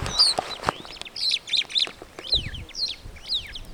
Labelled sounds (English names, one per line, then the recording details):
Superb Starling flight call
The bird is a female
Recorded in Kenya on 2 June 2010
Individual 8, of group CF1